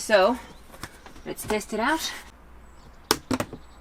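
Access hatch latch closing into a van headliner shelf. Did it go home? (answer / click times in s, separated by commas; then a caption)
yes / 3.1 s. Someone talks, then pushes a wooden access hatch on a newly built overhead headliner shelf in a van closed. Its latch clicks shut into place at 3.1 seconds, followed by a few quieter knocks.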